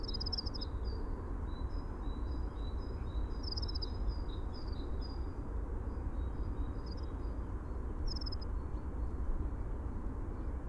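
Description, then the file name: Dunnock: short bursts of thin, high calls, some sharper and clustered, spread across the recording over steady low noise. "Prunella modularis - Dunnock"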